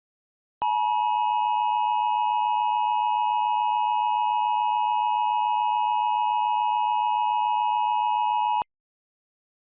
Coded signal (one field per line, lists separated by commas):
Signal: Emergency Alert System (SAME) tones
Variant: 853 and 960 Hz attention tone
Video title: EAS - Figure of the Overgrown (Easter Sunday Special)